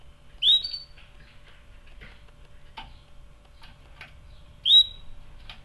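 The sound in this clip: Canary call notes: a sharp rising whistle, then scattered soft ticks, then another rising whistle about four seconds later.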